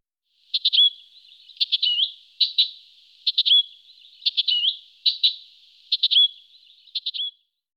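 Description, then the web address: Icterine warbler song: short clusters of clicking notes, often ending in a slurred whistle, repeated several times. "IVN Zangvogels. Spotvogel"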